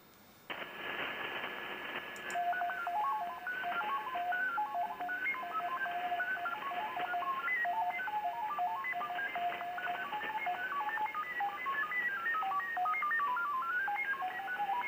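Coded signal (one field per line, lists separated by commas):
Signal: FT8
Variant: SuperFox mode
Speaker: where'd they go? Oh, there they are.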